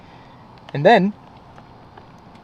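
A driver airbag module is handled at the steering wheel hub of an AMG GTS while someone briefly talks around 0.7–1.1 seconds. Only faint low-level background and two small ticks near 1.6 and 2.0 seconds follow. Nothing has seated or clicked yet.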